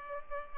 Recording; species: mosquito wingbeat signal from an infrared sensor; Culex pipiens